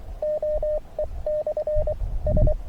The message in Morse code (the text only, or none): OE/S